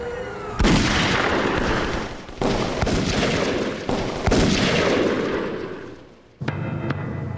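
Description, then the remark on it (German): Several loud, sharp gunshots crack out at irregular intervals, each followed by a long roaring, rumbling decay, before the noise cuts off into a quieter steady hum. “Beinahe ebenso schnell, wie die Schüsse gefallen waren, gingen die Lichter aus, bis nur noch ein einziges Fenster hoch oben in dem dunklen Block erleuchtet blieb.”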